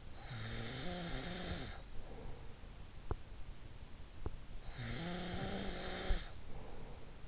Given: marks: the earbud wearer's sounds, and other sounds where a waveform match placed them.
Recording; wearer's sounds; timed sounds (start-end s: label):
sounds in sleep by an in-ear microphone; snoring breath
0.26-2.99 s: snoring breath
4.73-7.28 s: snoring breath